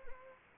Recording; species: mosquito wingbeat signal from an infrared sensor; Anopheles arabiensis